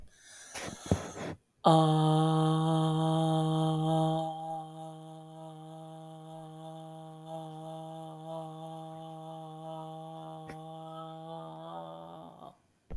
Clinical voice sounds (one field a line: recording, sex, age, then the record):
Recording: vowel held as long as possible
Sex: female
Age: 40 to 49 years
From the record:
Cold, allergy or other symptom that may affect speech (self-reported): no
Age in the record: 47 years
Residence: North Carolina, United States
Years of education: 15